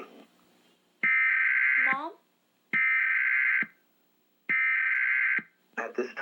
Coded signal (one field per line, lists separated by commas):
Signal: Emergency Alert System (SAME) tones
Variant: header bursts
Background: speech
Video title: Emergency Alert System